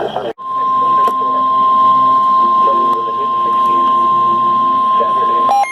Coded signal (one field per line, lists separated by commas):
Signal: Emergency Alert System (SAME) tones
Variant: 1050 Hz attention tone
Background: speech